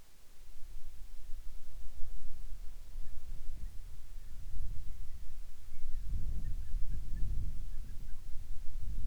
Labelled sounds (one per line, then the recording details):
bird
wind
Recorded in the Arctic National Wildlife Refuge, Alaska, on 10 July 2019 at 18:48
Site 44